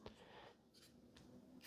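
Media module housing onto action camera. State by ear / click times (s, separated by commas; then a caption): not seated / none. A media module housing is handled and pushed onto an action camera from both sides, producing quiet rustling and handling noise with brief soft taps around 0.1 and 1.2 seconds. Nothing has seated or clicked yet by the end of the clip.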